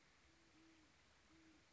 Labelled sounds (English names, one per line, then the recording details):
Great Horned Owl
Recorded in Sonoma County, California